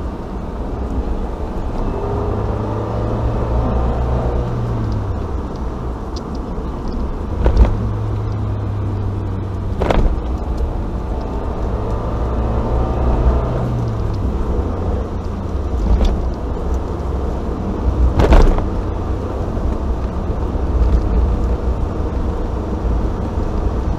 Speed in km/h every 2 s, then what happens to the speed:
50, 57, 58, 51, 47, 51, 56, 58, 64, 63, 62, 60.
0-4 speeds up to 58. 4-9 slows to 47. 9-17 speeds up to 64. 17-24 steady at about 62.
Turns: none.